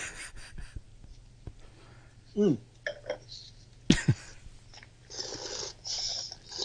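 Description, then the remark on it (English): Tintilia wine being slurped while tasting, in several bursts: airy, hissing sucks of breath through liquid, broken by a short throaty gurgle and a sharp exhale, ending in a longer sustained slurp. “Now I'm doing what I told you never to do. Because there's no need to slurp like this.”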